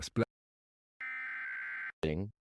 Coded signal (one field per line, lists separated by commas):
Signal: Emergency Alert System (SAME) tones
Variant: header bursts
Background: speech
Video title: EAS Mock - The Roach Invasion (Part 4) (THUNDERSTORM INTERRUPTS MID VIDEO!!!)